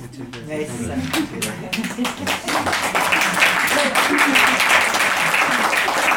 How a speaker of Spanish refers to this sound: Muchas gracias. Bueno, el aplauso realmente es para todos los relatores. El trabajo fue muy, de verdad, muy, muy importante para poder tener todos estos elementos.